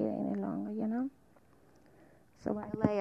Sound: microphone noise

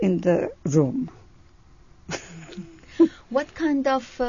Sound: she laughs

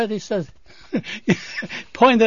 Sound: he laughs

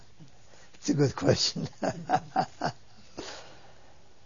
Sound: he laughs

